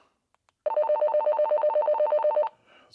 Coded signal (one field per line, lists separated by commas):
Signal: none